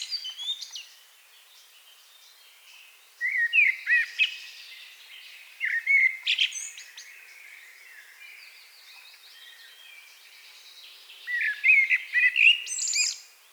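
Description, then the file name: Common blackbird song: four mellow fluted phrases, the first cut off at the start, each ending in high squeaky twitters, separated by pauses of one to four seconds. "Turdus merula"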